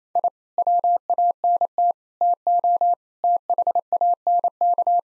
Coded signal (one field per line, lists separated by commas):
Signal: Morse code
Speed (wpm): 28 wpm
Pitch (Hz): 700 Hz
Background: none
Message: I WANT TO THANK